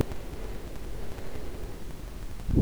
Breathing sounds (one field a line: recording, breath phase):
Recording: one breath near a microphone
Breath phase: inhalation